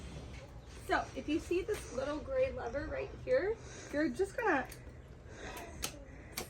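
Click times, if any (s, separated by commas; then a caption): 5.8 s, 6.4 s. Someone talks while stepping down on the small gray plastic fold release lever on the frame of a Summer Infant 3D Lite stroller to unlock it for folding. Two sharp clicks are heard at 5.8 s and 6.4 s as the lever releases.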